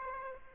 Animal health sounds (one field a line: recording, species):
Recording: mosquito wingbeat signal from an infrared sensor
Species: Aedes aegypti